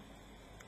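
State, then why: Not seated. A plastic leg frame part from a Daban PG Strike Rouge model kit is pushed into its socket over a steady low background hiss, with only a faint, brief tick near 0.6 s. The joint has not clicked into place; the usual click these parts make on insertion is missing.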